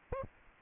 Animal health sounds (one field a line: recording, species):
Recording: mosquito wingbeat signal from an infrared sensor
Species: Aedes aegypti